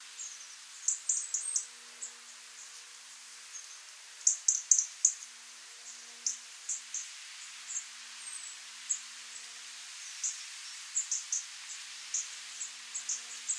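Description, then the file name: European robin calls: brief, high, thin ticking notes, some in quick bunches, others spaced a second or more apart, with faint steady hiss behind. "Erithacus rubecula - European Robin"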